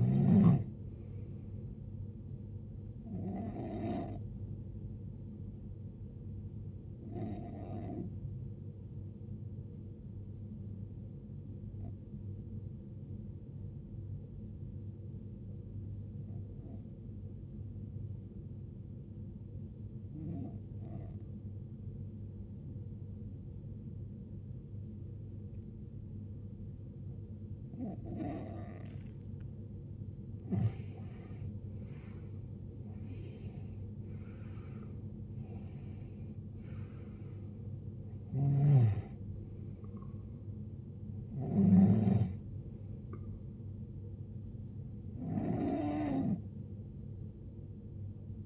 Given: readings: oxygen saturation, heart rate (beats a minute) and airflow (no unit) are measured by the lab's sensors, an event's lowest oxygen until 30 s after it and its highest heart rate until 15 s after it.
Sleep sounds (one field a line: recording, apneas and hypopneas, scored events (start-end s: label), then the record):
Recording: breathing in sleep by a smartphone at the bedside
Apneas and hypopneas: 1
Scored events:
8.00-32.40 s: hypopnea (N2, oxygen 94% highest, then 89% lowest, heart rate 58 at the start, 75 highest)
33.00-48.46 s: new sleep stage, N1 (lightest sleep)
From the record:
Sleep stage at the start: N2 (light sleep)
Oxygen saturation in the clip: 86 to 94%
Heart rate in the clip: 58 to 75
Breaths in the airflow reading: 8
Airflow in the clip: -17.3 to 19.4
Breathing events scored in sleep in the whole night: 389 in 6.3 hours asleep